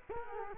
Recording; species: mosquito wingbeat signal from an infrared sensor; Culex quinquefasciatus